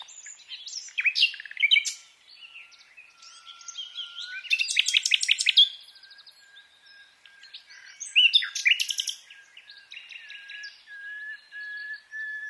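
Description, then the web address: Common nightingale song, rich varied phrases of rapid clicks, trills and whistles in bursts, with a long thin steady whistle running beneath. "SETE Luscinia megarhynchos"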